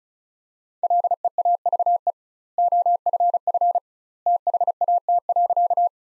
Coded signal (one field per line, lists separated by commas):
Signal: Morse code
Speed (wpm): 34 wpm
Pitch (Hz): 700 Hz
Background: none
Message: LEAVE OFF THAT.